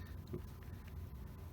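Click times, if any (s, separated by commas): none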